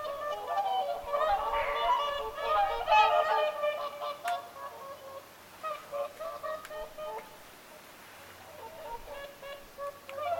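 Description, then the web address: Whooper swans calling as a flock, overlapping bugling honks, busiest in the first four seconds, then sparser, scattered calls with quieter gaps. Whooper swans calling at Lintulahti on 6 November 2025. "paivat 6 11 2025 laulujoutsenten aantelya lintulahdella"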